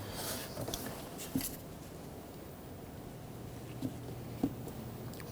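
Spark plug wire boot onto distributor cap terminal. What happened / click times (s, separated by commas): The wire boot is positioned on the terminal but not yet snapped down / none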